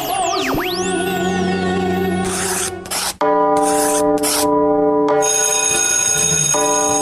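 A bell rings loudly and steadily, a bright, sustained metallic clang with no talking. It follows swooping whistle-like tones and a few short raspy, scraping bursts at the start.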